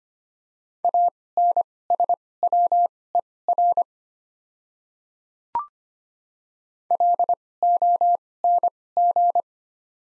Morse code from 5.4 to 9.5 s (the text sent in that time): LONG